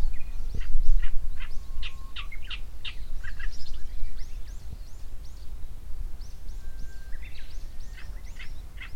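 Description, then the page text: Black-browed reed warbler singing a hurried, jerky string of scratchy chirps and rasping notes with brief pauses, with a few thin whistles and a constant low background rumble. Recorded near Daibosatsu Pass, Japan. "koyosikiri. 山平 平蔵"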